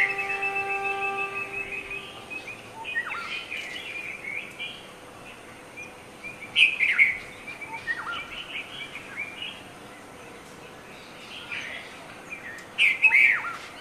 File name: Red vented Bulbul songs